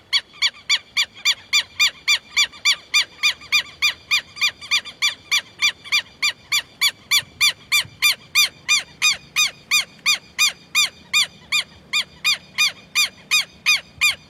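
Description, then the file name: Southern lapwing calling nonstop, sharp grating notes repeated rapidly and evenly, a little over three per second, for the whole stretch. "canto do quero quero"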